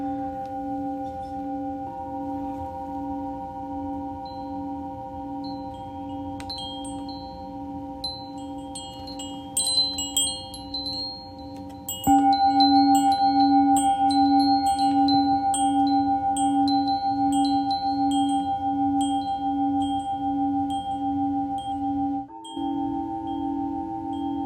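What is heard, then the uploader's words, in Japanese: Singing bowls ring in long, steady overlapping tones, with a slow pulsing beat in the low hum. A brighter bowl is struck near twelve seconds and the sound grows louder, while light chime-like taps sparkle above throughout. A brief dip comes near twenty-two seconds. メキシコから シンギングボウルのサウンドヒーリング ライブ。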